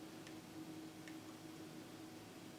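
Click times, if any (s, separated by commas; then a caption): none. An M.2 NVMe SSD is slid into the M.2 connector slot of an LC Power external enclosure and lined up, ready to be pressed down. Only light handling ticks are heard, around 0.3 s and 1.1 s, over a steady low hiss. The drive has not clicked or seated yet.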